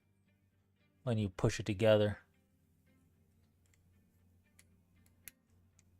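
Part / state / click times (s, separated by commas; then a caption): plastic model kit part into its socket / seated / 5.3 s. Someone talks, then a plastic model kit part is pushed into its socket. A few faint ticks follow, and one louder click at 5.3 s shows the part has seated.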